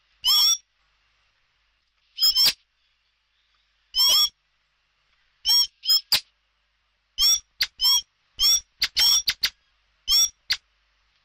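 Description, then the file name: Common blackbird giving brief squawking call notes, single at first and then in quick irregular clusters toward the end. "Tieng chim hoet den keu"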